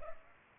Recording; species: mosquito wingbeat signal from an infrared sensor; Culex pipiens